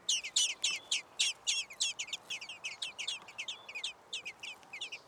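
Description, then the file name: Common blackbird giving a rapid series of sharp, high chinking calls, several per second, louder in the first two seconds then softer, over a low hiss. "Turdus merula"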